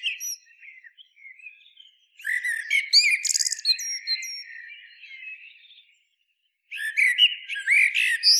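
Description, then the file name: Common blackbird song with soft warbled notes followed by a loud run of squeaky twitters and rattly trills, a short pause, then another burst of high chatter. "Turdus merula"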